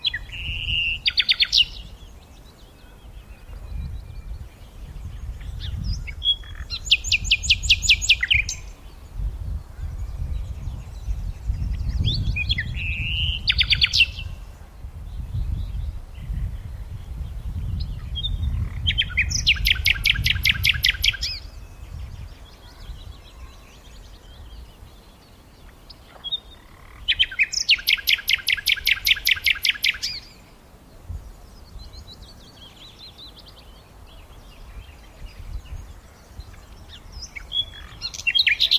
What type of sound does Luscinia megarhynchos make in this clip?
song